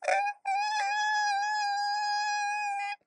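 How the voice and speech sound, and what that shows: A thin, very high, clear sung tone holds at a steady pitch and loudness for about two and a half seconds after a brief onset, sung by an adult male baritone imitating segmental vocal fold vibration: only a short segment of the folds vibrates, so the voice cannot swell or crescendo without a squawking adjustment. Most often seen with vocal nodules or another mucosal disturbance.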